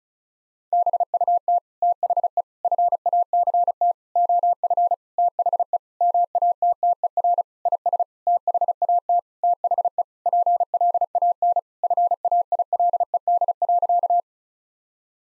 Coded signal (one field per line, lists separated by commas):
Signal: Morse code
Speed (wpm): 36 wpm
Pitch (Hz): 700 Hz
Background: none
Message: BUT THE FACT OF THE MATTER IS THAT THE PLAN FAILED.